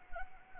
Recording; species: mosquito wingbeat signal from an infrared sensor; Anopheles arabiensis